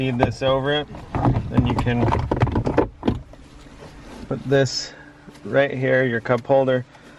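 A plastic cup holder trim piece is handled over the center console of a 2013-2019 Nissan Sentra during airbag control module replacement while someone talks. Brief plastic taps and rattles are heard around 2.4–3.1 s. Nothing has seated or clicked yet.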